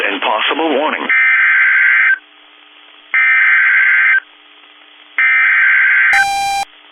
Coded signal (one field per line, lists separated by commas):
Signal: Emergency Alert System (SAME) tones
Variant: header bursts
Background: speech